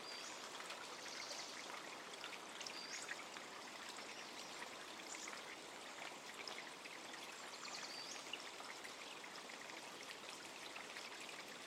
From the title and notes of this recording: Hoyt Arboretum Creek. This recording was made at Hoyt Arboretum in SW Portland, Oregon.